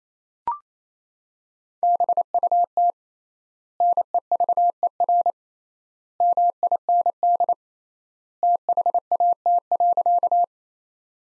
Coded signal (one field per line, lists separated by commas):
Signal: Morse code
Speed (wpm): 28 wpm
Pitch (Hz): 700 Hz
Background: none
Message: BUT NEVER MIND THAT.